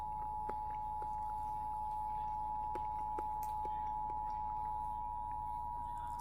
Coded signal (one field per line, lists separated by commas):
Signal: Emergency Alert System (SAME) tones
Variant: 853 and 960 Hz attention tone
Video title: Eas FFW on wbap 820am Eas#888